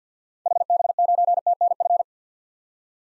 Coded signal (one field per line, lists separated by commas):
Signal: Morse code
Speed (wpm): 50 wpm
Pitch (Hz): 700 Hz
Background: none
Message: HB9TNF